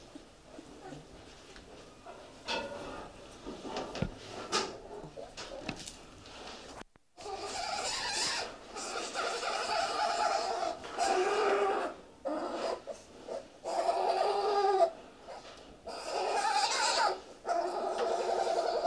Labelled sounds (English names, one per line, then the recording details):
Golden Jackal howling
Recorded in captivity
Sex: male
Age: adult
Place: Zoo Halle, Sachsen-Anhalt, DE
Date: 1957-03-05
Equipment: BG 19/2, RFT-Super 5 E 63, Kondensatormikrofon mit MVT 4050
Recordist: Heydecke, Rolf